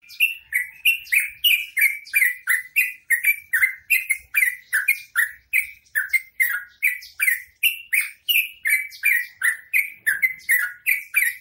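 Bird song of harsh, buzzy chirps around a mid-high pitch, each dropping slightly, repeated steadily about three times a second throughout.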